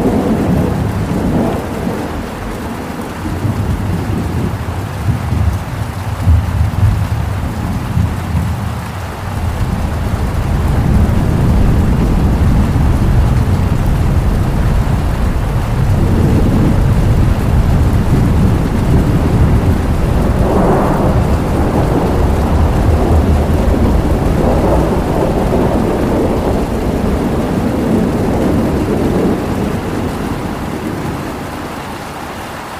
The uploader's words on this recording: Thunder & Rainstorm with River Water Sounds.